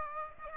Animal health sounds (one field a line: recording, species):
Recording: mosquito wingbeat signal from an infrared sensor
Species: Aedes aegypti